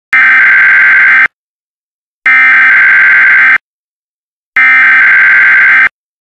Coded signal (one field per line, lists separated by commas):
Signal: Emergency Alert System (SAME) tones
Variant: header bursts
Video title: EAS: Luzerne County Severe Thunderstorm Warning